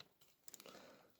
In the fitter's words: Là, c'est bien emboîté.